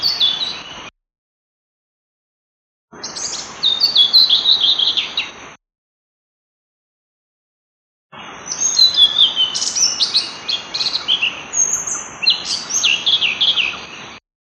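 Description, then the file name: Blue-throated flycatcher song in three bursts of quick, high, jumbled chirps and trills, separated by silent gaps. "kicau sikatan blue throated. omkicau"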